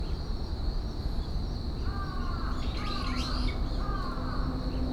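Bird calls: three faint, descending whistled notes about a second apart, with brief high chirps, over a steady high hum and constant low rumbling noise.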